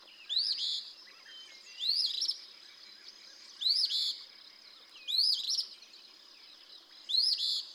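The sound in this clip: Eastern phoebe repeating its scratchy two-note song five times, a phrase every second or two.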